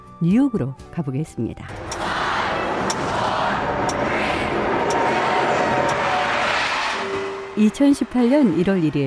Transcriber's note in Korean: 녹취: 타임스 스퀘어 볼 드롭 행사 현장음